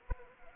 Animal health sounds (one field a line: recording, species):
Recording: mosquito wingbeat signal from an infrared sensor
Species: Anopheles arabiensis